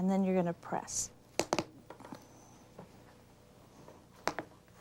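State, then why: Seated. A locking washer is pressed down onto the joint post inside a teddy bear's body to fix the head to the body. Someone talks, then small, sharp ratcheting clicks sound at 1.4, 1.5, 1.6, 4.3 and 4.4 seconds as it is pushed as tight as possible. The washer seats and the head is fixed on the body.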